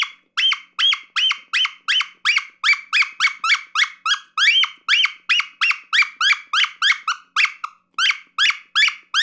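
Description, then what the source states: Fox pup distress calls, a rapid, nearly continuous string of high squealing yelps, roughly three per second, with no background sounds. Fox pup giving distress calls.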